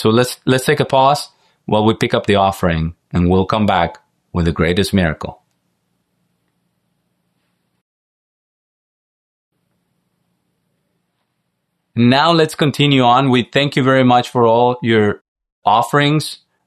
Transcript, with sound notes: So, let’s take a pause while we pick up the offering, and we’ll come back with the greatest miracle. (pause for the offering) Now let’s continue on. We thank you very much for all your offerings.